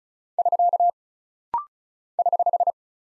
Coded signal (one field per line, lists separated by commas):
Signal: Morse code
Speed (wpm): 36 wpm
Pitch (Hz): 700 Hz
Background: none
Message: <SK> <HH>